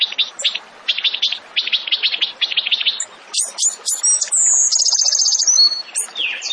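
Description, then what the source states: Tembakan bird song: rapid bursts of chattering pulses at first, then sharp high chips and a drawn-out descending buzzy trill. Masteran training recording for songbirds; the bird is described as gacor, singing often and energetically.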